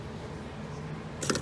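An AC refrigerant hose with new greased O-rings is handled at the spring-lock coupling of a new compressor or accumulator fitting on a Dodge 1500 HEMI 5.7/4.7. A low, steady hum runs under the clip until a short cluster of sharp, bright handling clatters at about 1.2, 1.3 and 1.4 seconds. The coupling has not clicked or seated yet.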